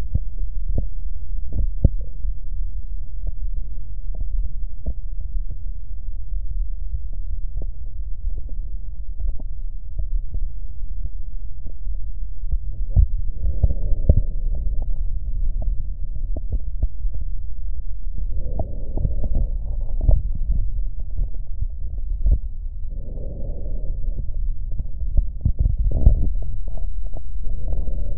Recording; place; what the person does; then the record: lung sounds by stethoscope; right posterior basal chest; quiet breathing, then deep breathing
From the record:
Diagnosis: none (healthy); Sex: male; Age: 30 years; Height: 190 cm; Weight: 88 kg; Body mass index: 24.4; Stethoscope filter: extended mode